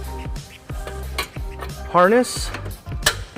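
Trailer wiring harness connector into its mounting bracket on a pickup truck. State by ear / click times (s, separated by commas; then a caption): seated / 3.1 s. On a 2014 Nissan Titan pickup truck, the plastic trailer wiring harness connector is pushed into its mounting bracket, and one sharp click at 3.1 s shows it has seated. Someone talks briefly, and softer handling knocks and rattles are heard before the click.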